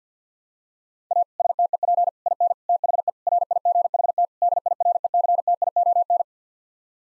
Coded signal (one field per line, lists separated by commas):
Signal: Morse code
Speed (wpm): 50 wpm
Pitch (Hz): 700 Hz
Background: none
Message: A STEP IN THE RIGHT DIRECTION